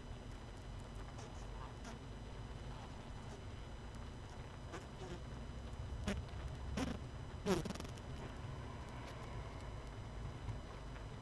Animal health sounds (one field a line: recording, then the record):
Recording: honeybee colony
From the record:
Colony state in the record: missing queen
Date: 31 May 2018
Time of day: 21:15